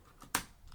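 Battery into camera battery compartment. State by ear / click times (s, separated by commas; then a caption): seated / 0.4 s. A rechargeable battery is pushed into a camera's battery compartment, with a faint shuffle just before. A single sharp, bright click at 0.4 s marks the latch catching, followed by quiet handling. The battery locks into place and is seated.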